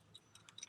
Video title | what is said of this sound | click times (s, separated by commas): Dodge Key Fob Shell Installation Video - 2022 | and stick that original key back in locks into place | 0.6 s